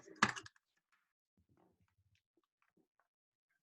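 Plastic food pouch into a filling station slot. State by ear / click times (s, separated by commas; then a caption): seated / 0.2 s. A plastic food pouch is pushed back into its slot on an Infantino filling station and snaps into place with one loud, sharp click at 0.2 s. A few faint ticks and light handling noises follow in otherwise quiet surroundings, and the pouch is seated.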